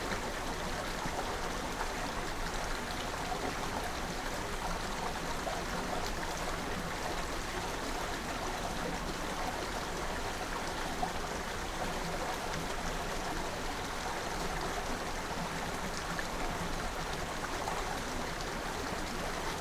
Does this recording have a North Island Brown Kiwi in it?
no